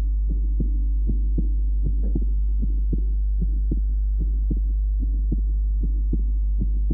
An adult with an atrial septal defect. The normal first sound, the grade 1/6 ejection systolic murmur, and the wide fixed splitting of the second sound. Taken from the pulmonary area.